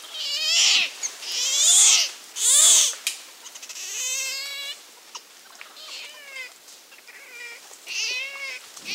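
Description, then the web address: Muriqui calls: a run of high, warbling, harmonic-rich whistles and chirps, some rising and others falling, in quick bursts with short pauses between them. Primate of the South American rainforest. "Natures Songs S America Primates of the Rainforest Muriqui monkey"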